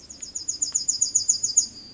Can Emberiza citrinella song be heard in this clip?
yes